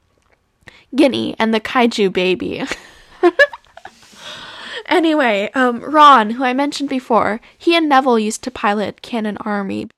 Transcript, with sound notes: Ginny and the kaiju baby. *laughs*
Anyway, Ron, who I mentioned before, he and Neville used to pilot Cannon Army